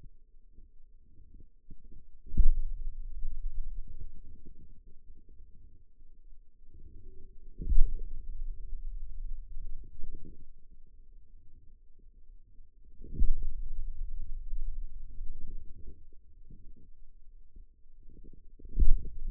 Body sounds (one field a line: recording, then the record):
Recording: forearm muscle sounds (acoustic myography)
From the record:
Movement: pen grasping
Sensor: system 2, bracelet of six BSWA MPA416 microphones around the upper forearm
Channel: 2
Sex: male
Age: 22 years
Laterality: right